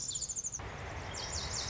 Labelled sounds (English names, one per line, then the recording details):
Lazuli Bunting
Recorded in Sonoma County, California